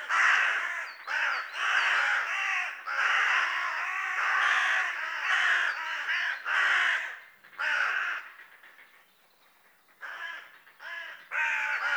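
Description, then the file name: Carrion crow calling with long, rasping caws in a steady series, a quieter pause near the end, then more harsh caws. "Corvus corone"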